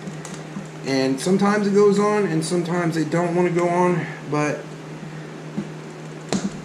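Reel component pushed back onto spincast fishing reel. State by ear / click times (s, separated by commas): seated / 6.3 s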